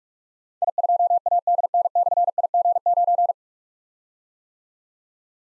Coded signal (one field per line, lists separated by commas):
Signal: Morse code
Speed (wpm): 44 wpm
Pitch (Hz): 700 Hz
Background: none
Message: I2ADN/IG9